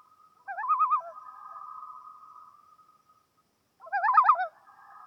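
Loon warbling: a rapid wavering burst drawn out into a long steady note, then a second, denser tremolo burst a few seconds later.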